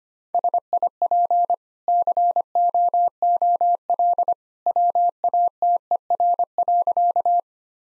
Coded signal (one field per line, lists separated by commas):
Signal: Morse code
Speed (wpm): 25 wpm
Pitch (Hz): 700 Hz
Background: none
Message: SIP COOL WATER.